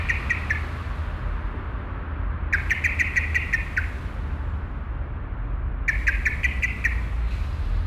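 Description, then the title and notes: Common Blackbird chirping in three quick bursts of sharp, clipped notes, each burst a rapid run of several calls, over a steady low rumble of street traffic. Blackbird emerging from a bush and chirping constantly beside the Auferstehungskirche, Südostviertel, Essen, Germany; passing street traffic. "Südostviertel, Essen, Deutschland - essen, blackbird, traffic and bells. An der Auferstehungskirche. Eine Amsel kommt aus dem Gebüsch und schirpt. Verkehr passiert die Strasse. Die Stundenglocke der Kirche. At The Auferstehungs Church. A blackbirb coming out of a bush chirps constantly. Projekt - Stadtklang//: Hörorte"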